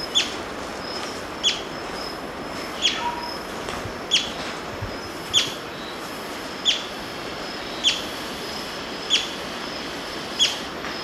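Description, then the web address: Violet-fronted brilliant calling with crisp, high single chips spaced roughly every 1.3 seconds, nine notes in a row, with a constant hissing background. Ecuador. "Natures Songs S America Birds of Ecuador Violet-fronted Brilliant"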